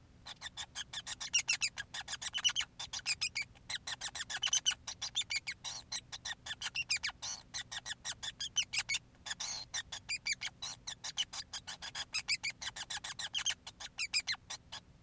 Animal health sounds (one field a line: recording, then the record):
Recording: song of a male Bengalese finch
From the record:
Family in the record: son of father 5